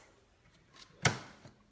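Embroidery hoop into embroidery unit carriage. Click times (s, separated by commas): 1.1 s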